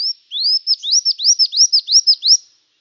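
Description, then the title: Brown-throated sunbird song, a fast series of high, arched whistled notes, each sliding up then down, repeated steadily for over two seconds against silence. In full active song (gacor), used for training cage birds. "Kolibri Gacor"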